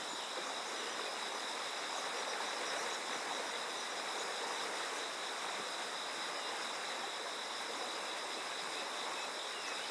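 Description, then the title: Insects calling in a steady, unbroken high trill that holds through the whole stretch, laid over the loud, constant rush of flowing river water. Insects calling beside a flowing river. "心洗うような川の流れと虫の鳴き声"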